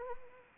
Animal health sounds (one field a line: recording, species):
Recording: mosquito wingbeat signal from an infrared sensor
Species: Anopheles arabiensis